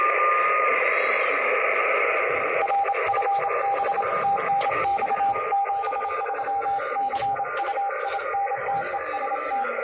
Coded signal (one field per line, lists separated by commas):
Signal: Morse code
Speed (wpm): 27 wpm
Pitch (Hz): 800 Hz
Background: radio noise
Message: R FB TNX 73 CU IN TEST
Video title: Morse code XV1X tnx qso de E20MWE